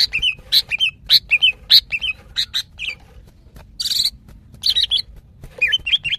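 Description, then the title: Greater green leafbird with lively, fast calls: paired high chirps and wavering whistles repeated in quick succession, plus one rasping burst midway. Female calling to a male, described as very vocal. "CUCAK IJO BETINA GACOR HIPER MEMANGGIL JANTAN"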